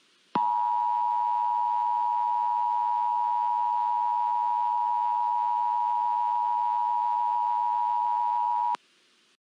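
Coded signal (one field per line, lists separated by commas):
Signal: Emergency Alert System (SAME) tones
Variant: 853 and 960 Hz attention tone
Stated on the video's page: Fictional EAS scenario about an extreme tornado, a Halloween special.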